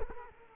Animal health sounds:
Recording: mosquito wingbeat signal from an infrared sensor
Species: Culex quinquefasciatus

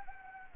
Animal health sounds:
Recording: mosquito wingbeat signal from an infrared sensor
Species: Anopheles gambiae

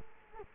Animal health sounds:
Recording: mosquito wingbeat signal from an infrared sensor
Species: Culex quinquefasciatus

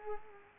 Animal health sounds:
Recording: mosquito wingbeat signal from an infrared sensor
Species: Culex quinquefasciatus

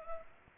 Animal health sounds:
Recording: mosquito wingbeat signal from an infrared sensor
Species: Culex pipiens

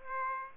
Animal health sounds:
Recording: mosquito wingbeat signal from an infrared sensor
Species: Aedes aegypti

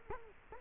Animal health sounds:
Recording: mosquito wingbeat signal from an infrared sensor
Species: Culex quinquefasciatus

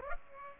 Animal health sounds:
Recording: mosquito wingbeat signal from an infrared sensor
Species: Aedes aegypti

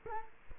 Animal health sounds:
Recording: mosquito wingbeat signal from an infrared sensor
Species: Culex quinquefasciatus

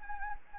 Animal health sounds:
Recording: mosquito wingbeat signal from an infrared sensor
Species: Anopheles gambiae

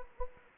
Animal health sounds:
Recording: mosquito wingbeat signal from an infrared sensor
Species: Anopheles gambiae

